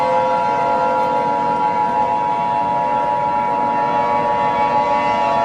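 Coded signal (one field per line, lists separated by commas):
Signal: Emergency Alert System (SAME) tones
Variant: 853 and 960 Hz attention tone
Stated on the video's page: Mock EAS alert about hurricane wind speeds, not real.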